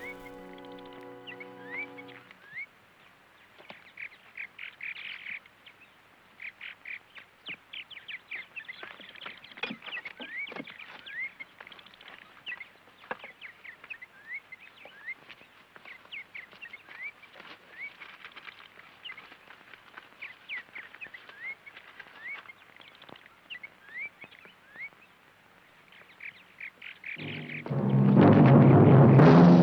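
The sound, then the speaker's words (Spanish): A turkey gobbles in rapid, rattling bursts of high warbling notes that repeat steadily for nearly half a minute, cut off by a sudden loud, full-bodied burst of sound at the very end. “Bueno, este es el guajolote que se va a comer.”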